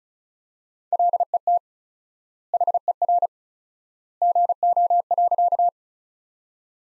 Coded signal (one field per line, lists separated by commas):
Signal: Morse code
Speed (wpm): 36 wpm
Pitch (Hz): 700 Hz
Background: none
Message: LET HER GO.